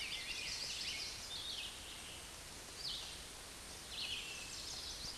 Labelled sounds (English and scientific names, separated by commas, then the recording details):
Red-eyed Vireo (Vireo olivaceus) song
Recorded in a Pennsylvania forest on 16 May 2024 at 09:07
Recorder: AudioMoth, point MSD-0475
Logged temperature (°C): 12.3 °C
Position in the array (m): 150 m, 28 m